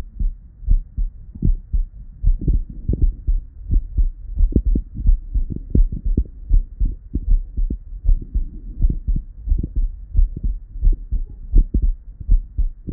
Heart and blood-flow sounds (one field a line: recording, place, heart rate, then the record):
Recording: heart sounds by stethoscope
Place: Erb's point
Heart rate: 82 bpm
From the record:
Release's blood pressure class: elevated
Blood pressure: 126/67 mmHg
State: at rest